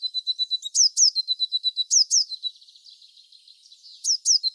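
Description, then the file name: Eurasian blue tit giving high, sharp down-slurred notes and fast even trills of thin repeated notes, with a quieter passage in the middle. "Cyanistes caeruleus"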